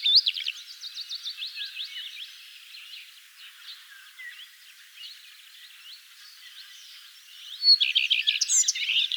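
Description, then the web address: Common redstart singing in bursts: rapid high repeated notes at the start, a quieter stretch of soft chatter, then a loud dense twittering burst near the end. "vogelstimmen gartenrotschwanz gesang nabu lars lachmann"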